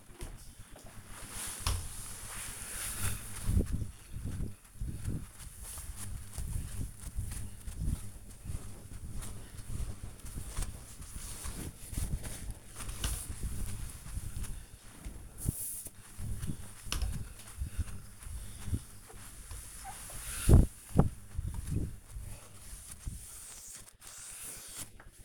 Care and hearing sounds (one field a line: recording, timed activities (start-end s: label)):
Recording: household activities, microphone on the right wrist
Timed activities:
0.00-25.25 s: window cleaning